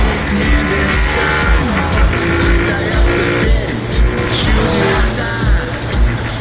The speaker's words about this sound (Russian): Майя с молодым человеком едет на мотоцикле, все остальные машины стоят в пробке.